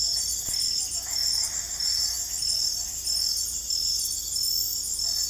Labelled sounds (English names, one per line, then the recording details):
none
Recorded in secondary vegetation near Puerto Asís, Putumayo, Colombia, on 16 December 2024 at 21:30
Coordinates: 0.468, -76.324
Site G095